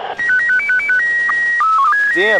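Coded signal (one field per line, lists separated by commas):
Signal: SSTV (slow-scan television)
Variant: PD 180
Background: speech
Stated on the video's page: ISS SSTV image in mode PD120, transmitted at 50 watts on 145.800 MHz.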